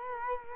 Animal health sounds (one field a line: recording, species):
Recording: mosquito wingbeat signal from an infrared sensor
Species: Culex quinquefasciatus